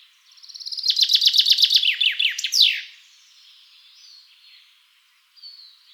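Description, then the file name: Common chaffinch song: a rattling series of sharp descending notes falling in pitch, ending in a brisk flourish, followed by faint soft calls. "Fringilla coelebs"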